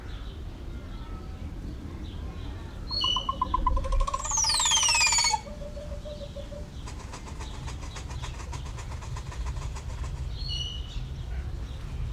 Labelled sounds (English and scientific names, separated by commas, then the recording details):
Crested Oropendola (Psarocolius decumanus)
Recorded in captivity
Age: adult
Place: Zoo Berlin, Berlin, DE
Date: 1994-06-25 12:09
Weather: sonnig, 18-25°C, Wind
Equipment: Marantz CP 430, Sennheiser ME 80, Kopie Uher Variocord 263
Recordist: Tembrock, Günter